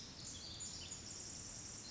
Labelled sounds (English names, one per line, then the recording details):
Pacific Wren
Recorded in Sonoma County, California